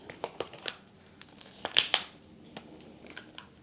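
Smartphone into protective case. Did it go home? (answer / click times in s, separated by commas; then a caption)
no / none. A Pixel 9 Pro XL smartphone is handled and pressed toward a rigid plastic MagBak Elite protective case, with crinkling handling noise and a few sharp ticks, the loudest near 1.8 and 1.9 seconds. Nothing has seated or clicked yet; the clip ends just before the phone snaps home into the case.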